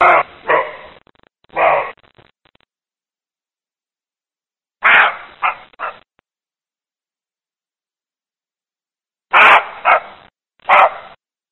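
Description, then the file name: Roe deer barking: harsh, hoarse barks in three bouts separated by several seconds of silence. "sarna"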